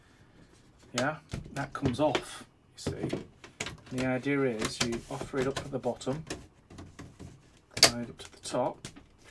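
A plastic cover for a PC case, which has come off several times before, is handled and offered up at the bottom toward the top while someone talks, with brief sharp handling sounds near 7.8 seconds. Nothing has seated or clicked into place yet.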